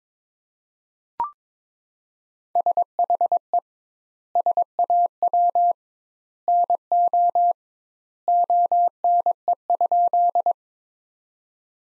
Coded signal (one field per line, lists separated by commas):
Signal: Morse code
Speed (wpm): 22 wpm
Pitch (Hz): 700 Hz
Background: none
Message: SHE SAW NO ONE?